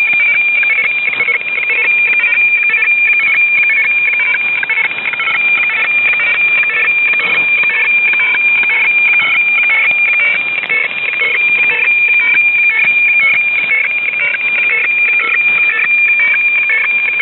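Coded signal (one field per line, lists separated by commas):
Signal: weather fax (radiofax)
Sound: steady high tone broken by rhythmic warbling ticks about twice a second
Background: radio static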